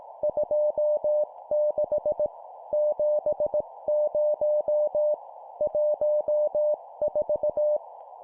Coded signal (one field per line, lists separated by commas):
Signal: Morse code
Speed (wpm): 18 wpm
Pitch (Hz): 600 Hz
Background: none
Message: 26 70 14